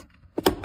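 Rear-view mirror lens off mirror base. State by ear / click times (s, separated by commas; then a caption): released / 0.5 s. Fingers are pushed into the gap under a rear-view mirror to pry its broken lens off the plastic mirror base. A faint tap is followed by a sharp crack and a loud snap at 0.5 s, then a lighter knock as the lens comes free. The broken mirror lens is released from its base.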